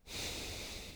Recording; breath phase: one breath near a microphone; exhalation